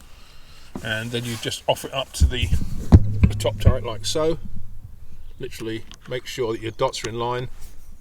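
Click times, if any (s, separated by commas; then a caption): none. Someone talks while handling the elevation turret on a Swarovski Z8i 1.7-13.3x42 P rifle scope, lining up its dots before it is pushed down onto its base. A low hum with a few short knocks is heard around 2.2–4.3 s under the talking. The turret has not clicked or seated onto its base yet.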